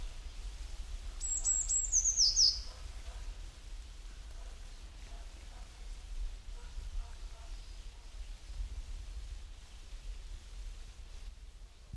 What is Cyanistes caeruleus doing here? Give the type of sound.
call